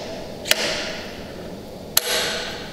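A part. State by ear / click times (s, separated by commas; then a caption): seated / 2.0 s. A diamond core bit is pushed into the quick-release collar of an AGP tile core drill (TC20, TC40, TC402 series) and turned. A quieter sharp tick comes at 0.5 s, then a loud, sharp metallic click at 2.0 s as the bit snaps into place and is seated.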